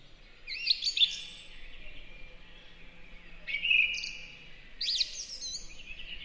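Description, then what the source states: Song thrush singing scattered whistled and trilled phrases separated by short pauses, with faint background noise. Beautiful, peaceful, relaxing song in a spring forest.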